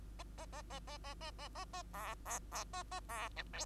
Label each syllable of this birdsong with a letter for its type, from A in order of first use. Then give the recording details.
A A A A A A A A A A B B B A A B C D. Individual Bird2